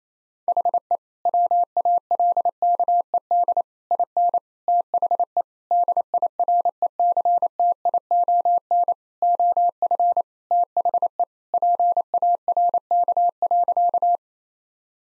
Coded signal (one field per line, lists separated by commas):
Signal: Morse code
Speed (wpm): 28 wpm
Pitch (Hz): 700 Hz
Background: none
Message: HE WALKED IN THE DIRECTION OF THE PARK.